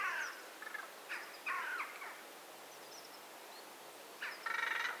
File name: Pica pica